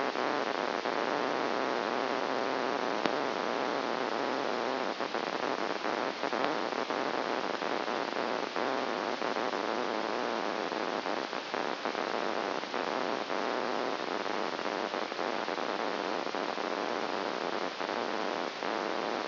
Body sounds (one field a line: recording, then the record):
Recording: brain microelectrode recording played as sound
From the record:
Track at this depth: outside the subthalamic nucleus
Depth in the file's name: -1.509 mm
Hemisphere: right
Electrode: 2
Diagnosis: Parkinson's disease